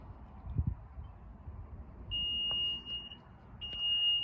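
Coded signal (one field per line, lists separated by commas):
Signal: beep code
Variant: Nissan power liftgate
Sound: a high steady beep about one second long, pause, then another beep cut off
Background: low rumble, faint clicks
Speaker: press and hold there's that tone we're fully set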